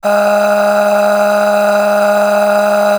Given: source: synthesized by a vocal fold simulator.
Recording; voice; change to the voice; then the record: sustained vowel; female; aspiration noise (breathiness), level 10 of 10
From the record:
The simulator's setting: 4.64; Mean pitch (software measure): 206 Hz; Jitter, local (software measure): 1.56%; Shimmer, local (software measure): 17.4%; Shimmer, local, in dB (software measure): 1.54 dB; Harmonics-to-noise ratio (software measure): 9.8 dB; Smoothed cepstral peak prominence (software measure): 10.0 dB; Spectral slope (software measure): -18.9 dB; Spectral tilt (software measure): -7.2 dB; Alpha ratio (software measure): -9.5 dB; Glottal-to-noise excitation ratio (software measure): 0.617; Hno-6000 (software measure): 1.7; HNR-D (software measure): 31.9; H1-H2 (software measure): 7.4 dB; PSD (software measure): 6.6e-05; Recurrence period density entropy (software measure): 0.136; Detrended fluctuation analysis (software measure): 0.0279